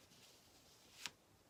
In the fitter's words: you see how it kind of snaps together maybe you can hear it see